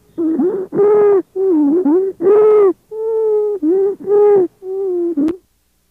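Rapid, loud, musical breath sounds of constant pitch in a child with croup: stridor, caused by obstruction of central airways such as the trachea or larynx.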